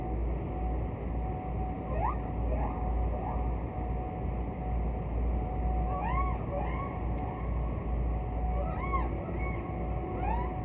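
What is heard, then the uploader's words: A distant whale calls beneath a heavy, steady underwater rumble, with a thin constant tone running throughout. Short rising and arching cries come in loose clusters, a few near the start, more around the middle, and again toward the end. Distant Whale.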